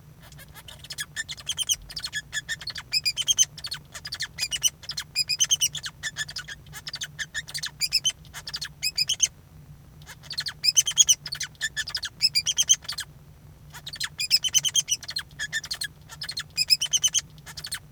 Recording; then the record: song of a male Bengalese finch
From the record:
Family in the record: son of father 2